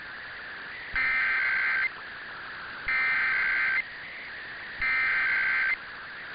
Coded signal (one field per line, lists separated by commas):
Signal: Emergency Alert System (SAME) tones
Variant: header bursts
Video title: [EAS #2218-2237] RWTs & RMTs from the week of 2/27/23